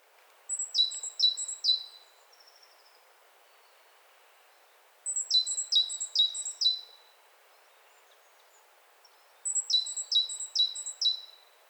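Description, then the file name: Great tit calling in three short bursts, each a rapid string of a few sharp notes that drop in pitch, separated by several seconds of near silence. "Parus major"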